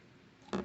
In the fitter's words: Heard the snaps.